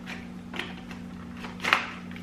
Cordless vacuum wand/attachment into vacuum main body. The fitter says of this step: it clicks into place then you do the same thing up top here let